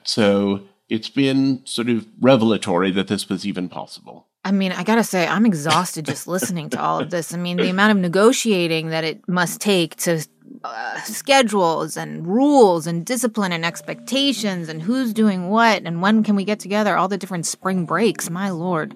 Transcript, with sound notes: So it's been sort of revelatory that this was even possible.
I mean, I got to say, I'm exhausted... (Laughter) ...Just listening to all of this. I mean, the amount of negotiating that it must take to - schedules and rules and discipline and expectations and who's doing what and when can we get together, all the different spring breaks, my Lord.